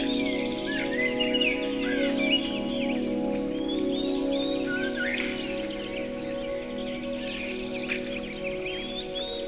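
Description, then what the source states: Birdsong of repeated twittering phrases and slurred whistles, running continuously above mellow background music. Birdsong mixed with music.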